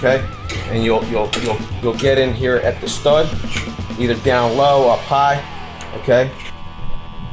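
A locking C-clamp is positioned on a metal stud while someone talks, with faint light metallic handling sounds underneath. The clamp has not snapped shut yet, so nothing has locked or seated in this clip.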